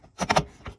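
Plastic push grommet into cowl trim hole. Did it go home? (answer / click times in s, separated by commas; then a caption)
yes / 0.3 s, 0.4 s. A plastic push grommet is pressed one-handed into the hole in the top extension cowl piece of a 2009-2014 Nissan Maxima. Two sharp plastic clicks are heard at 0.3 and 0.4 seconds, followed by a softer knock near 0.7 seconds. The grommet is pressed home and fully secured.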